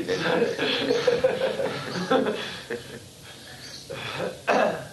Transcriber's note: laughter